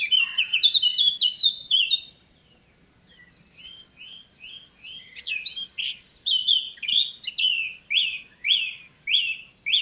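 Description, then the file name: Eurasian blackcap singing: a rapid jumbled warble, a short lull, then a series of clear, fluty notes repeated roughly twice a second. "Sylvia atricapilla"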